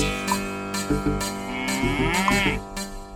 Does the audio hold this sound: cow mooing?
yes